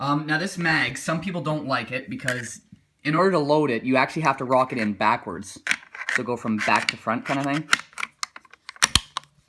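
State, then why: Seated. Someone talks while a detachable box magazine is rocked back to front into the magazine well of a Savage 10TR 20-inch .308 rifle, a loading method some people dislike. After a pause in the talk, the magazine snaps into place with two sharp clicks at 8.8 and 9.0 seconds, and it is seated.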